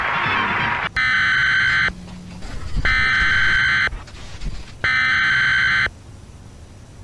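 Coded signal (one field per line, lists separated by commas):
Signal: Emergency Alert System (SAME) tones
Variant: header bursts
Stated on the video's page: Fictional EAS scenario about a gas leak.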